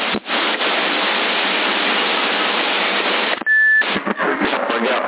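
telephone beeping

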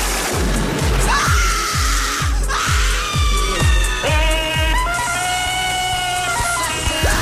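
scream of joy

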